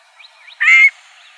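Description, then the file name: Scaled quail with one buzzy nasal call, preceded by a couple of faint soft chirps. Arizona, 16 June 2002. "SCALED QUAIL 061602"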